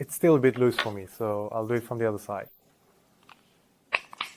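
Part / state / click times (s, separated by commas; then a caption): plastic halves of a folding car key housing / seated / 3.9 s. Someone talks, then presses the two plastic halves of a Ford folding car key housing together again from the other side because they were still loose on the first try. After a quiet pause, a sharp snap at 4.0 s marks the halves clicking shut, followed by a couple of smaller clicks.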